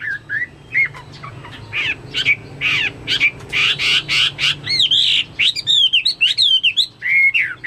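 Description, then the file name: Chinese hwamei song of harsh, rasping bursts followed by clear slurred whistles and looping phrases. "omkicau hwamei"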